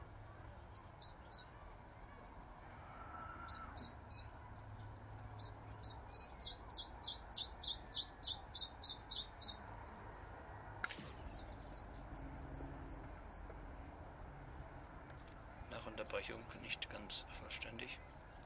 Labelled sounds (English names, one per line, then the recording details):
Common Chiffchaff
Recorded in captivity
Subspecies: collybita
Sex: male
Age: adult
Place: Volierenanlage, Zoologisches Institut Universität Tübingen, Baden-Württemberg, DE
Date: 1968-06-21 15:00
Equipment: Nagra III PH, MD 211, LGS26
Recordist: Schneider, Hans-Joachim